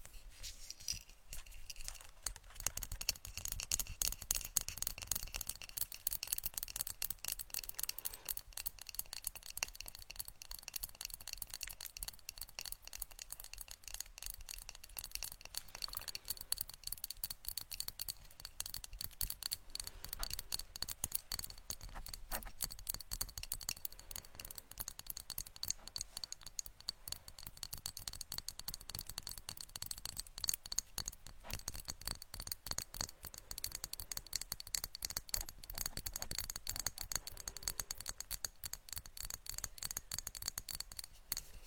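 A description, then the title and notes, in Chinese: Tapping sounds meant to "tap the brain": a dense, rapid stream of crisp, bright clicks and taps runs without pause for the full forty seconds. The pace stays busy and fairly even, with light scratchy, rattling textures mixed in and little low sound. 敲击大脑/指尖刺痛（声控助眠）。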